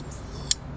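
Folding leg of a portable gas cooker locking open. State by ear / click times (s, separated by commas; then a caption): seated / 0.5 s. A folding leg of a portable camping gas cooker is opened out to its furthest extent until it locks open with a sharp click at 0.5 s. The leg is seated in its open position. Low background hum runs throughout and no one talks.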